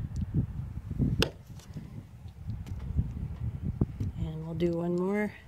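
Someone talks while a second skirting snap pin is handled with a socket tool against an RV skirting panel base, with a low rumbling background and a few short taps and knocks, the sharpest near 1.2 s and 3.8 s. Nothing has seated or clicked yet; the pin is not yet home when the clip ends.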